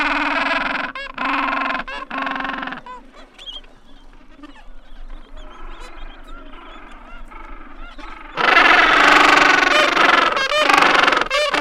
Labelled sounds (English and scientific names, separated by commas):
Gentoo Penguin (Pygoscelis papua) call